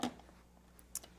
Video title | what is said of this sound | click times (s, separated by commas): Ninja Pulse: Frozen Cocktail Recipe | and turn to snap into place | 0.9 s